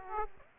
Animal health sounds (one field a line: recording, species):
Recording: mosquito wingbeat signal from an infrared sensor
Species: Aedes aegypti